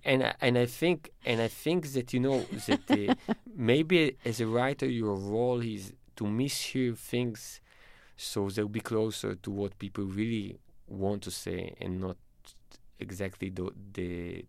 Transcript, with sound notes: and I think that, you know...
(Laughter).
...That maybe as a writer, your role is to mishear things so they'll be closer to what people really want to say and not exactly